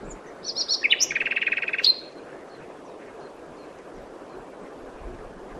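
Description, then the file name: Common nightingale song: a short rising flourish leading into a dense, fast buzzy rattle about a second long, then quiet background hiss. "Luscinia megarhynchos"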